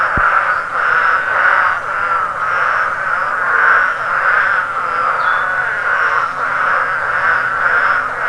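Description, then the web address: Spadefoot toad chorus, continuous raspy calls rising and falling in waves about once a second, a single sharp click near the start. "frogs audio spadefoot"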